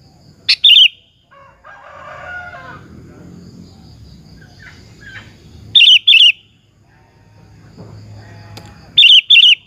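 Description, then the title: Sooty-headed bulbul giving brief bubbly double-noted phrases at intervals, with softer chattering calls of other birds heard between them. "Kutilang"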